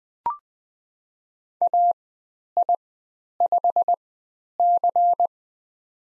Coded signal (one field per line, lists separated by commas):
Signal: Morse code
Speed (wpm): 20 wpm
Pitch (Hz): 700 Hz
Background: none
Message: AI5C